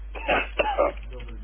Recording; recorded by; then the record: voluntary cough; telephone call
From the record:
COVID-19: positive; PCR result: checked with the laboratory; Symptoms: no